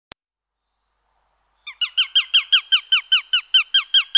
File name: Epervier-d Europe